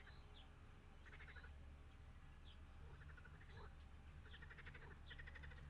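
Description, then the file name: Frogs croaking, short pulsed rattling calls repeated often, with a steady low hum underneath. "Froesche"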